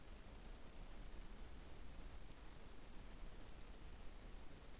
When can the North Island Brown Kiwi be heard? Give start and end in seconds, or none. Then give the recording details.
none. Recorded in New Zealand on 20 November 2014. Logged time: 21:29. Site CL78